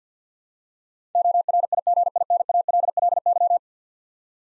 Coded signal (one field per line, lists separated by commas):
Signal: Morse code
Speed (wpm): 50 wpm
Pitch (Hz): 700 Hz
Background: none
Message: ORIGINALLY